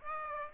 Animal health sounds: mosquito wingbeat signal from an infrared sensor; Aedes aegypti

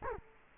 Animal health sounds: mosquito wingbeat signal from an infrared sensor; Culex quinquefasciatus

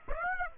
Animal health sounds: mosquito wingbeat signal from an infrared sensor; Aedes aegypti

